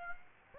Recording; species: mosquito wingbeat signal from an infrared sensor; Aedes aegypti